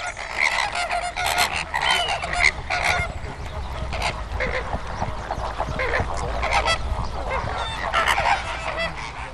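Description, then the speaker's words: Greater Flamingo flock: a dense, continuous chorus of goose-like honks and gabbling from many birds calling over one another throughout. Big gathering of greater flamingos walking about on mudflats in the Camargue, south of France. "That is the sound of a big gathering of flamingos, greater flamingos to be precise."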